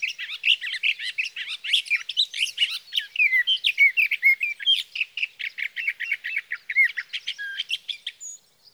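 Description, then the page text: Sage thrasher singing a long, fast run of varied warbled notes in dense bursts. Male sage thrasher, Sierra Valley, California, June 12–15, 2018; from a set comparing his night songs, recorded by a Swift recorder near his night roost, with his day songs. "61. Sage thrasher songs, through the night."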